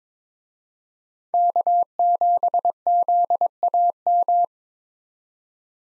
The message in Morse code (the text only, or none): K7ZAM